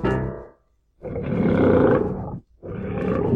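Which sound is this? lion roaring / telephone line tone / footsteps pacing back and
lion roaring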